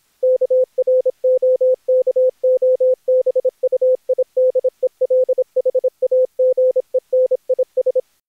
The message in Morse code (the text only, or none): KROKOBUIDELHAGENIS